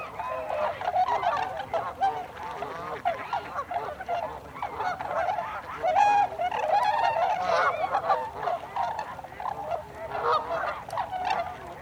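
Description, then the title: Tundra swans calling steadily, many overlapping honking hoots, with a brief louder burst of calls midway through. Recorded 26 December 2020. "2020-12-26-Tundra-Swans"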